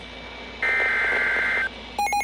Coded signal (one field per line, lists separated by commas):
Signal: Emergency Alert System (SAME) tones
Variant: header bursts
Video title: EAS #2975-2978 Severe Thunderstorm Warning 6-22-24